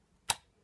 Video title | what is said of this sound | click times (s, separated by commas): Comment demonter un pc portable FR | vous poussez bien et vous entendez le clic | 0.3 s